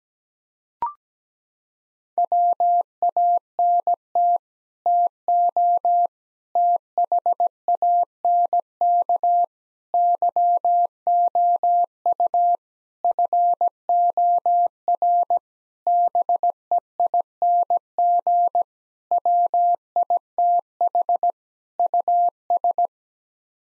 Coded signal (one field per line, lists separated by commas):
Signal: Morse code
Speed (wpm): 17 wpm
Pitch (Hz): 700 Hz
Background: none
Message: WANT TO THANK YOU FOR BEING WITH US